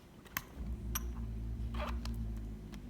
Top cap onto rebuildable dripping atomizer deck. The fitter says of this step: we go snapped into place